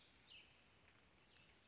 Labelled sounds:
Western Flycatcher
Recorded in Sonoma County, California

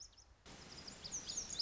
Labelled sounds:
Lazuli Bunting
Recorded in Sonoma County, California

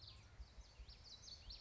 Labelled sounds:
Common Yellowthroat
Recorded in Sonoma County, California

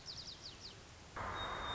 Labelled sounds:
White-crowned Sparrow
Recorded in Sonoma County, California

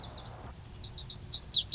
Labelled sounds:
Lazuli Bunting
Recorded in Sonoma County, California

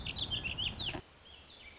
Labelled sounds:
Warbling Vireo
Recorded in Sonoma County, California

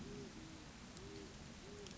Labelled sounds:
Great Horned Owl
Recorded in Sonoma County, California

